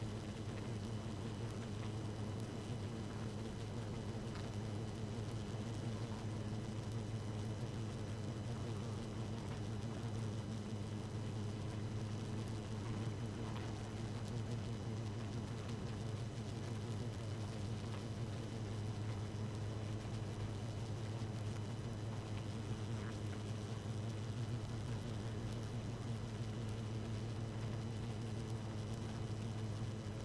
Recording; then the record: honeybee colony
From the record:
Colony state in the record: active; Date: 12 June 2018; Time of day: 0:23